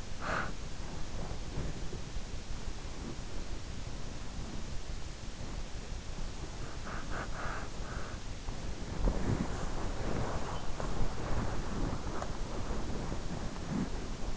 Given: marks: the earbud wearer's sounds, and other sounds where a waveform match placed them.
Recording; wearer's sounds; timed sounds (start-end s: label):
sounds in sleep by an in-ear microphone; breath, body movement
0.00-2.06 s: breath
6.47-8.20 s: breath
8.74-14.36 s: body movement